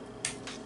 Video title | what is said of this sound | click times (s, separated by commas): PAK9 Folding Mechanism Carolina Shooter Installation Video AK Siaga Stock ACE Adapter Upgrade Pistol | Locks in place. Nice. | 0.2 s